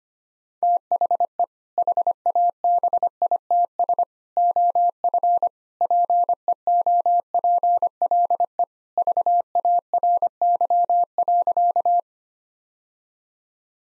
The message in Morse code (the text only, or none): THE HABITS OF PEOPLE VARY.